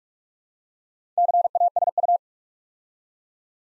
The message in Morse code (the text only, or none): CASU